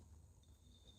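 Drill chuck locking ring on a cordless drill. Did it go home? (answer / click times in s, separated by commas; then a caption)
no / none. The drill chuck locking ring on a cordless drill is being handled, turned until really tight before the one step back that should lock the bit so it won't fall out. Only a low rumble with a steady high whine is heard, and a thin tone enters around 0.4 seconds. Nothing has seated or clicked yet.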